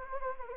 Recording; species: mosquito wingbeat signal from an infrared sensor; Anopheles gambiae